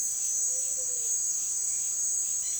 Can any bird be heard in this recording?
yes